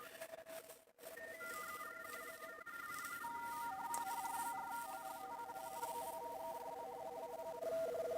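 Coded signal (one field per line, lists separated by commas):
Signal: RTTY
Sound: several overlapping warbling two-tone teletype signals chattering quickly over hiss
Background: radio static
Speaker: Now, just because I can hear them doesn't guarantee that they can hear me.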